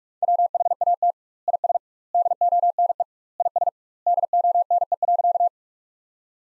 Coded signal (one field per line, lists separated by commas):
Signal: Morse code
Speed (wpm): 42 wpm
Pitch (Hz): 700 Hz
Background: none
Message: WHAT IS DONE IS DONE.